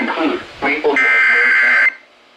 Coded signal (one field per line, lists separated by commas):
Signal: Emergency Alert System (SAME) tones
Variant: header bursts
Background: speech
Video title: MRGL Risk Gone WILD!!! EAS Alerts from 5/11/26 (EAS #1,416-#1,438)